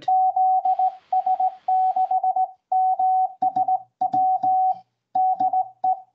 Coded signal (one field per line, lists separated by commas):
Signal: Morse code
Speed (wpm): 17 wpm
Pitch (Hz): 750 Hz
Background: radio noise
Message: ZS6MSW DE